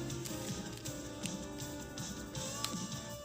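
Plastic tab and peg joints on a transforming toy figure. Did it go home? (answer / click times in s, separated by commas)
no / none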